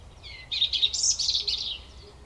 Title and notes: Koniówka, województwo małopolskie, Polska - Robin, King of the Petland. Recordist: Maciej Wirmański